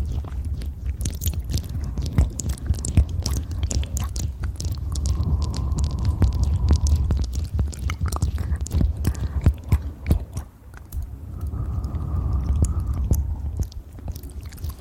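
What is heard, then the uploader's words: Fast eating and licking with dense, wet clicks and smacks throughout, a heavy low rumble, and brief tonal squeaks around six and twelve seconds. ASMR Fast Ear Eating & Licking.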